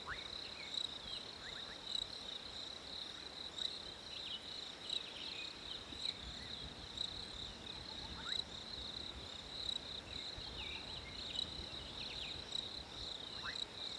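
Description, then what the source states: Cricket giving a constant shrill trill, with several short bird chirps scattered across the stretch. Winter ambience with crickets and birds.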